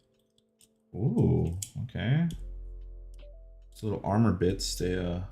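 A small plastic armor piece for an MGEX Strike Freedom model kit is handled near the model frame while someone talks, with only a couple of faint ticks in the background. Nothing has clicked or seated onto the frame yet.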